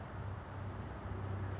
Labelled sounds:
California Towhee (Melozone crissalis)
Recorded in Sonoma County, California

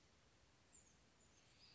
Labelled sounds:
Western Flycatcher (Empidonax difficilis)
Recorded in Sonoma County, California

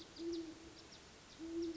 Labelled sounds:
Great Horned Owl (Bubo virginianus)
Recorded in Sonoma County, California

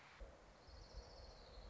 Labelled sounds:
Orange-crowned Warbler (Leiothlypis celata)
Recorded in Sonoma County, California

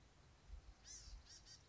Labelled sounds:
Blue-gray Gnatcatcher (Polioptila caerulea)
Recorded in Sonoma County, California

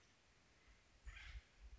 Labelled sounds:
Acorn Woodpecker (Melanerpes formicivorus)
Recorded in Sonoma County, California

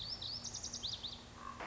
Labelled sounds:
Lazuli Bunting (Passerina amoena)
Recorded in Sonoma County, California

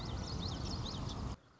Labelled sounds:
Common Yellowthroat (Geothlypis trichas)
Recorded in Sonoma County, California

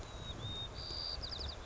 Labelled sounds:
White-crowned Sparrow (Zonotrichia leucophrys)
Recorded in Sonoma County, California

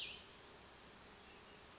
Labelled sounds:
Cassin's Vireo (Vireo cassinii)
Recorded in Sonoma County, California

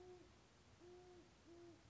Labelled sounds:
Band-tailed Pigeon (Patagioenas fasciata)
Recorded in Sonoma County, California

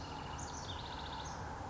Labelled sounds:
House Wren (Troglodytes aedon)
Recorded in Sonoma County, California

